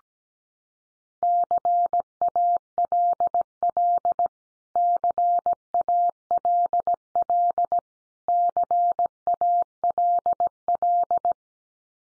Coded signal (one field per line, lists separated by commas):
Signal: Morse code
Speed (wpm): 17 wpm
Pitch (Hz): 700 Hz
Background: none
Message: CALL CALL CALL